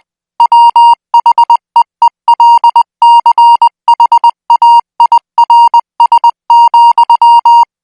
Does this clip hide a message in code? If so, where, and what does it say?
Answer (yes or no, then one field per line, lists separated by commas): yes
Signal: Morse code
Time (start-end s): 0.4-7.6 s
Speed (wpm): 20 wpm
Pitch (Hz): 940 Hz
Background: music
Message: WHEELCHAIRS,